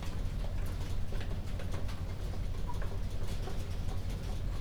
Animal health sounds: poultry house recording; healthy chickens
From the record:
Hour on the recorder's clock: 1

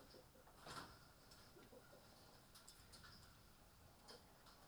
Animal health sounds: poultry house recording; healthy chickens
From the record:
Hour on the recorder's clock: 19

